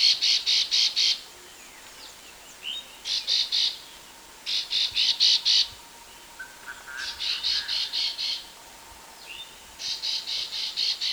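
Chestnut-bellied nuthatch calls: bursts of several rapid, harsh, buzzy high notes, repeated in series with short pauses, plus a steady faint hum.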